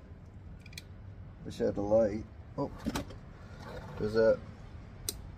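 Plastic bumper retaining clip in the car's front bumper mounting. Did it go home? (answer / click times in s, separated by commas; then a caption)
released / 5.1 s. During removal of a Volvo V40's front bumper, a plastic bumper retaining clip in the car's front bumper mounting is worked loose while someone talks over faint handling noises. A sharp click is heard at 5.1 s as the clip snaps open and releases.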